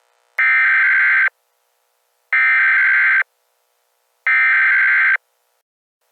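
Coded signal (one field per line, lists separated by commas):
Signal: Emergency Alert System (SAME) tones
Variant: header bursts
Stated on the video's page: Fictional EAS scenario made for fun; SAME tones possibly valid.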